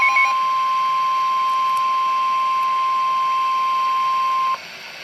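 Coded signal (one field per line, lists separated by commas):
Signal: Emergency Alert System (SAME) tones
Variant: 1050 Hz attention tone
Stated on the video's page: Two flood warnings received back to back.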